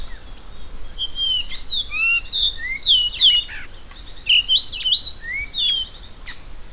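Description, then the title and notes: Variable oriole calls: clear whistled notes sliding up and down in pitch, some short and falling, given in a loose irregular series over a steady high insect drone. "pio do encontro. WikiAves"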